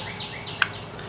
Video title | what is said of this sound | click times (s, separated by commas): Wiring Harness / Handlebar Controls ( Video 07 - 02 B of ??) | you hear that click | 0.6 s